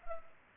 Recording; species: mosquito wingbeat signal from an infrared sensor; Culex pipiens